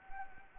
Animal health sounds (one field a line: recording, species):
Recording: mosquito wingbeat signal from an infrared sensor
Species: Anopheles gambiae